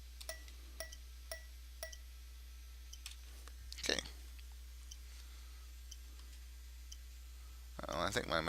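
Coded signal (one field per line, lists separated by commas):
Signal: tap code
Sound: four sharp evenly spaced taps, a short pause, a few more taps, then talking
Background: speech, low hum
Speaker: we're gonna play the part of the fuser and we're going to count out how many tabs or between each gap here we go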